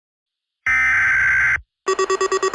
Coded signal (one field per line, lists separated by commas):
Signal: Emergency Alert System (SAME) tones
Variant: header bursts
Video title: EAS Scenario: PDS Tornado Warning For Wisconsin